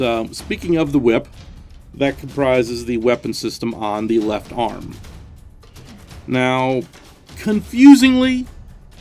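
Someone talks while handling the whip weapon arm on the left arm of a plastic action figure, which locks in place when turned all the way up. Nothing has locked or clicked yet by the end of the clip; only speech is heard, with a faint brief sound near 5.6 s.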